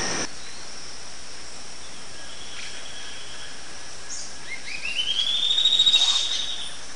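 Bird call: a single thin whistle sliding upward and then holding steady, heard once near the end over a constant hiss of background noise.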